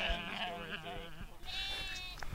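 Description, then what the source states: Sheep bleating: a lamb gives wavering, quavering bleats with a strong harmonic tone, followed by a higher, thinner cry. Bottle-fed female lamb named Finder, rejected by her mother, at feeding time during lambing season.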